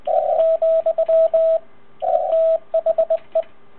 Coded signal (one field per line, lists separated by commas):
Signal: Morse code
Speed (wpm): 20 wpm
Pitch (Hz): 650 Hz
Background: radio noise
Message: , THE